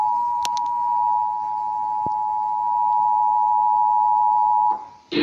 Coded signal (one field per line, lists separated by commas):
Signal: Emergency Alert System (SAME) tones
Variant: 853 and 960 Hz attention tone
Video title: NOAA WEATHER RADIO: Flash Flood Warning ANOTHER TV EAS FAIL! (EAS #10)